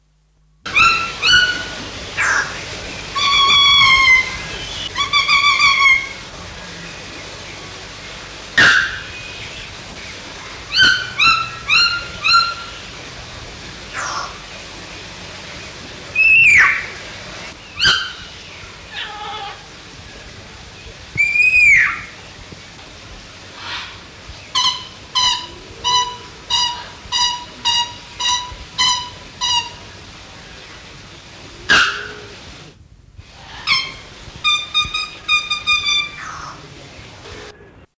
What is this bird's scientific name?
Procnias albus